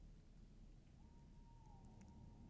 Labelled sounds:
Tawny Owl (Strix aluco)
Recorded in Germany
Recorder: ecoPi

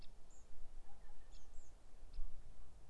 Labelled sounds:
Great Spotted Woodpecker (Dendrocopos major)
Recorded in Germany
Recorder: ecoPi

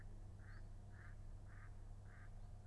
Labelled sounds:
Mallard (Anas platyrhynchos)
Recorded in Germany
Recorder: ecoPi

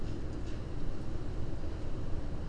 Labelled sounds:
none
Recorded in Germany
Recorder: ecoPi

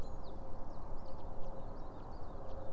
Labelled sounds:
Common Chiffchaff (Phylloscopus collybita)
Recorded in Germany
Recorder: ecoPi

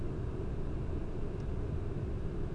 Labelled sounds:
none
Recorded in Germany
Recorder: ecoPi

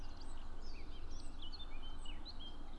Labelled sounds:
Eurasian Blackcap (Sylvia atricapilla)
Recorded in Germany
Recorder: ecoPi

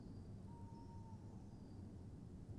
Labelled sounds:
Tawny Owl (Strix aluco)
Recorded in Germany
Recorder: ecoPi

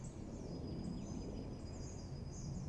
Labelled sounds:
Eurasian Blue Tit (Cyanistes caeruleus)
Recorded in Germany
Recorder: ecoPi

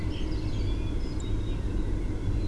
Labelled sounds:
Song Thrush (Turdus philomelos)
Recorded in Germany
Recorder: ecoPi

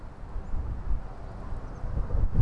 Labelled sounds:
Eurasian Blue Tit (Cyanistes caeruleus)
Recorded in Germany
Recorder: ecoPi

